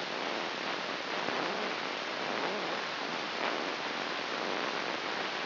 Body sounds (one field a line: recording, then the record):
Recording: brain microelectrode recording played as sound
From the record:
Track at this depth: inside the subthalamic nucleus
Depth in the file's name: 5.712 mm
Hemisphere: left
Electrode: 3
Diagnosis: Parkinson's disease